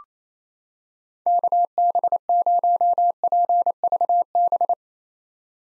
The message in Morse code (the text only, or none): KB0PVB